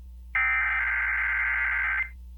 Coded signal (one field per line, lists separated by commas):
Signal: Emergency Alert System (SAME) tones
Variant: header bursts